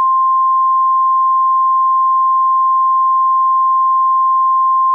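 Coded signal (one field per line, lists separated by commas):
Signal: Emergency Alert System (SAME) tones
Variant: 1050 Hz attention tone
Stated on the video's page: Fictional EAS scenario containing valid EAS tones.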